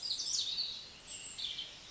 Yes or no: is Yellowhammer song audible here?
no